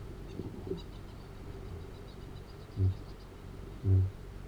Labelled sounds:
Kākāpō (Strigops habroptilus) boom
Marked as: faintness 2/5
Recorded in New Zealand
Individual Arab

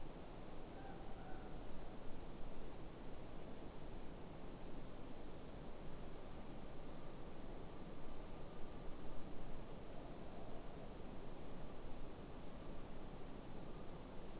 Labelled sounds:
Morepork (Ninox novaeseelandiae) more-pork call
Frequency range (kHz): Morepork (Ninox novaeseelandiae) 0.7-1.7 kHz
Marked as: faintness 3/5
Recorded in New Zealand
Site Eglinton

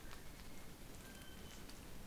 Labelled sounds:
North Island Brown Kiwi (Apteryx mantelli) male call
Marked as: faintness 3/5
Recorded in New Zealand on 20 November 2013
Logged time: 22:29
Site CH69

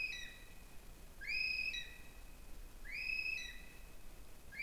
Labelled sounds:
North Island Brown Kiwi (Apteryx mantelli) male call
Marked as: faintness 1/5
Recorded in New Zealand on 20 November 2014
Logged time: 21:29
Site CL78

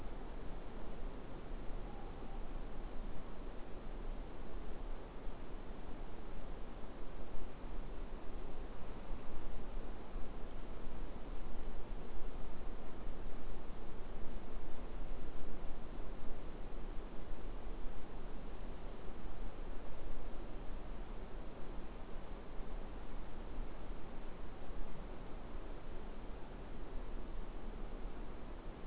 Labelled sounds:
Morepork (Ninox novaeseelandiae) more-pork call
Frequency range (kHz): Morepork (Ninox novaeseelandiae) 0.7-1.0 kHz
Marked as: faintness 4/5
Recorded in New Zealand
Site Eglinton

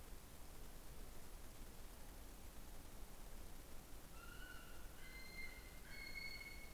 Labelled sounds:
North Island Brown Kiwi (Apteryx mantelli) male call
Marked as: faintness 1/5
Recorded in New Zealand on 15 November 2013
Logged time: 00:43
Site BV22

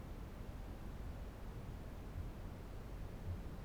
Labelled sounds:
Kākāpō (Strigops habroptilus) boom
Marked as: faintness 5/5
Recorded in New Zealand
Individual Barnard

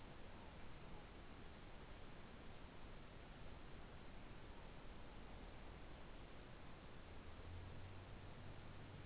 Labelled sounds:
Morepork (Ninox novaeseelandiae) more-pork call
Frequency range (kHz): Morepork (Ninox novaeseelandiae) 0.8-1.0 kHz
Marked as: faintness 5/5
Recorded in New Zealand
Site Taranaki

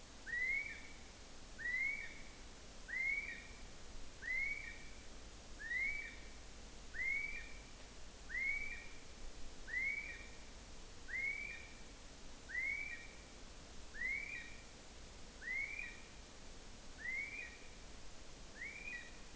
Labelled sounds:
North Island Brown Kiwi (Apteryx mantelli) male call
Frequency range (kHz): North Island Brown Kiwi (Apteryx mantelli) 1.3-5.6 kHz
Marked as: faintness 2/5
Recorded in New Zealand on 5 June 2013
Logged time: 02:19

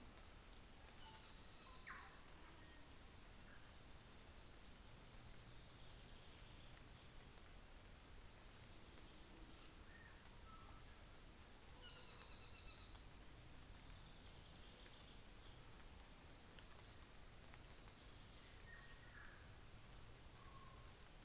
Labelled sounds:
North Island Saddleback (Philesturnus rufusater)
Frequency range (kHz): North Island Saddleback (Philesturnus rufusater) 0.3-4.7 kHz
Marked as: faintness 4/5, faintness 3/5
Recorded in New Zealand on 24 December 2018
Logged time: 10:15

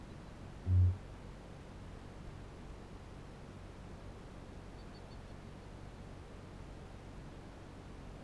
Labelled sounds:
Kākāpō (Strigops habroptilus) boom
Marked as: faintness 2/5
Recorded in New Zealand
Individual Barnard

